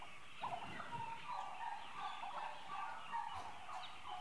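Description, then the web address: Turkeys giving quiet chattering calls in a steady flock. Eight-month-old turkeys, livestock. "The BBC Sound Effects Library (Livestock) Turkeys 8 Months Old"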